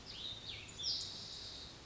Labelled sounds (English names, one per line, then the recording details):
Cassin's Vireo
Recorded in Sonoma County, California